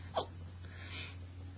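One abrupt, brief gulping hiccup from an adult woman during a bout of hiccups, over a steady low hum; an involuntary diaphragm spasm.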